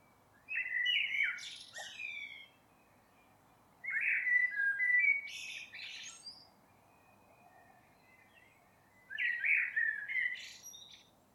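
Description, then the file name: Common blackbird song: three separate phrases, each opening with low fluty warbles and ending in a squeaky high twitter, spaced a few seconds apart with quiet pauses between. "Turdus merula"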